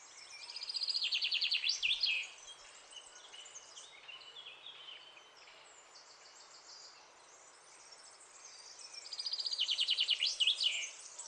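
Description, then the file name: Common chaffinch song: two bright, fast descending trilled phrases ending in a flourish, the first at the start and the second about eight seconds later, with faint other birds behind. "Fringilla coelebs"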